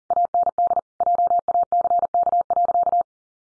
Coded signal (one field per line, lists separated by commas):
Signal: Morse code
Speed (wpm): 37 wpm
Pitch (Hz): 700 Hz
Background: none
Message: AND JACK.